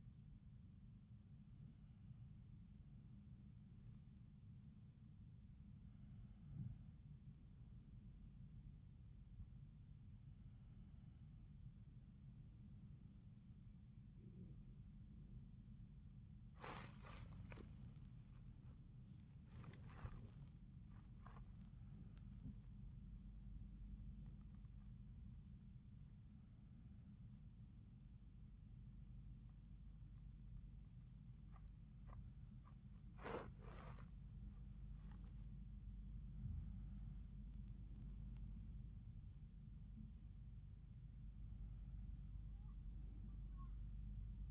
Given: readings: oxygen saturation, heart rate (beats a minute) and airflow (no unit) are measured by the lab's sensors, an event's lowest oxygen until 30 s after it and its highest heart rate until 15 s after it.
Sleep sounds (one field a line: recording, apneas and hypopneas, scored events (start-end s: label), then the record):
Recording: a person awake in a sleep study, by a smartphone at the bedside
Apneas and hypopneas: none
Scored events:
0.00-44.51 s: awake
From the record:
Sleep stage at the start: awake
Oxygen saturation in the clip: 91 to 94%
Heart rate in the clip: 78 to 90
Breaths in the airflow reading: 9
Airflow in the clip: -5.7 to 6.0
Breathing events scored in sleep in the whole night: 400 in 8.7 hours asleep